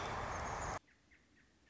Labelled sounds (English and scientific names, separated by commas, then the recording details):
American Robin (Turdus migratorius)
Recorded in Sonoma County, California